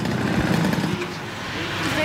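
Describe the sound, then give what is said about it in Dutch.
A small derny moped engine drones steadily in a rough, buzzing hum, pacing track cyclists training in Amsterdam, holding an even pitch and loudness for about two seconds with faint indistinct voices mixed in. “Vandaag trainen ze in Amsterdam achter de Dernie, een brommertje.”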